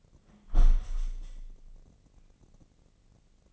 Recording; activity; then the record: daily activity, microphone in the room; close window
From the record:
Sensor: 4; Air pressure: 1013.2 hPa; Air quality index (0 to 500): 171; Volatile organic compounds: 2 ppm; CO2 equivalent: 1080 ppm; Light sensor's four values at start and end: 74/183/76/78 and 77/191/80/81